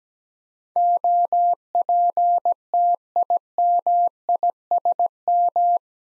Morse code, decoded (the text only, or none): OPTIMISM